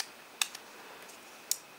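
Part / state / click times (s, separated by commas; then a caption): 50mm rangefinder lens into M-mount adapter / seated / 0.4 s, 1.5 s. A Voigtlander Prominent Nokton/Ultron 50mm rangefinder lens is turned in a metal Leica M-mount adapter, with its metal lens lock aligned to the adapter's groove. Sharp clicks come at 0.4 s and 1.5 s, with a fainter tick just after the first. The lens locks into the adapter.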